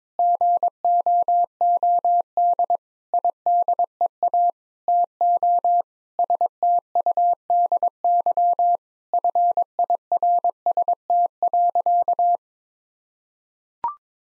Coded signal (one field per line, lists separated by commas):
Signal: Morse code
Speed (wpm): 22 wpm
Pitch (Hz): 700 Hz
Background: none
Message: GOOD IDEA TO STUDY FIRST.